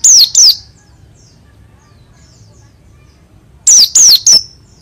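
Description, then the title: Oriental white-eye song of piercing high whistles that fall in pitch, a pair at the start and a quick run of several near the close. Oriental white-eye of the dakun type from East Java, forest-type bird, singing actively in a rolling song, a contest-champion candidate. "burung pleci dakun jatim ngalas ngerol gacor calon juara"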